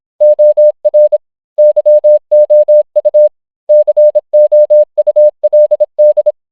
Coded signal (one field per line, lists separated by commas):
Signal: Morse code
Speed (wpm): 26 wpm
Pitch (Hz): 600 Hz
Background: none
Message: OR YOU COULD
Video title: Family Guy in Morse Code 😂 #shorts #familyguy #memes #viral